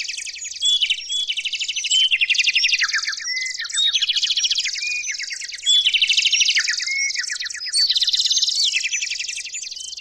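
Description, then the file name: Birds chirping: a dense, continuous chorus of overlapping high chirps and rapid buzzy trills, with sharp notes cutting through throughout. "Brds Chrp"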